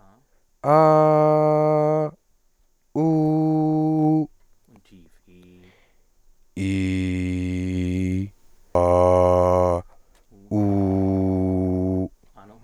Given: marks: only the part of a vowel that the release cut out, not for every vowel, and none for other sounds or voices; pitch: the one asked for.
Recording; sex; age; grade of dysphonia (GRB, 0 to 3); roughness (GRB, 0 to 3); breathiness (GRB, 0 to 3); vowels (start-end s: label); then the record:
sustained vowels; male; 20 to 29 years; 0; 0; 0
0.83-1.99 s: vowel /a/, high pitch
3.01-4.17 s: vowel /u/, high pitch
6.62-8.17 s: vowel /i/, low pitch
10.58-11.97 s: vowel /u/, low pitch
From the record:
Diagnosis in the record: healthy voice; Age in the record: 27 years